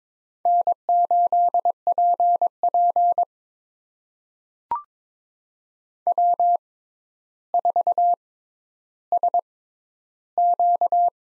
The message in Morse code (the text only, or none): N8PP W4SQ